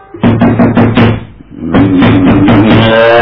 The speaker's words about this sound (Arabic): ذلك أن جحا كان مقيما في غرفة له بأعلى الدار، فسمع طرقا شديدا على الباب.